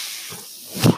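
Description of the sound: A steady soft hiss of airflow runs through most of the second, then a brief louder puff of air near the end. This is the sound of a mechanical ventilator delivering a breath.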